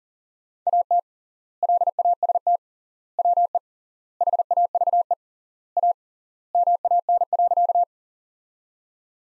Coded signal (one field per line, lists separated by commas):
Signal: Morse code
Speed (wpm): 40 wpm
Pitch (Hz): 700 Hz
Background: none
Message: AT LAST WE HAVE A MAN.